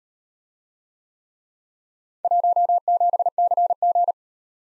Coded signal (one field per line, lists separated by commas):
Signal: Morse code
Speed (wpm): 37 wpm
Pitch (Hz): 700 Hz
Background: none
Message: 17CG